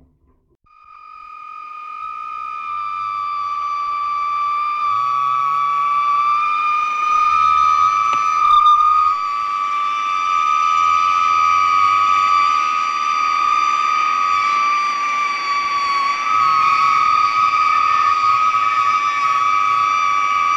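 A railroad switch gas-jet flute sounds a single sustained whistling tone that starts about half a second in and swells over the first few seconds, then holds steady to the end. Bright overtones ring above the main pitch, with faint low rumbles underneath.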